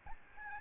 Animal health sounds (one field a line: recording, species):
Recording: mosquito wingbeat signal from an infrared sensor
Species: Aedes albopictus